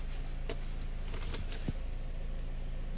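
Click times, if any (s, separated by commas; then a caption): 1.3 s. The driver-side seat belt tongue of a Beetle, under buckle repair, is pushed back into its buckle after being released, and it latches with a sharp click at 1.3 s. Another short tick comes at 0.5 s and one at 1.5 s, over a steady low hum. The buckle is confirmed latched, and the dash display returns to buckled.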